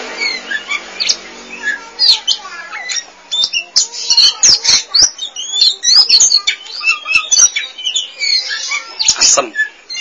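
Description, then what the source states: Oriental magpie-robin singing a continuous, richly varied song of whistles, chirps and quick trills with sharp clicks throughout. Song (kicauan).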